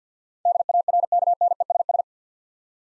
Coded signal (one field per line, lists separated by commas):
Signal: Morse code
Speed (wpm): 53 wpm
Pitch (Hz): 700 Hz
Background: none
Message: DARKNESS